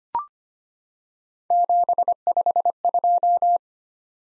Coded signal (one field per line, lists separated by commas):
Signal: Morse code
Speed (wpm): 25 wpm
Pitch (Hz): 700 Hz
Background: none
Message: 752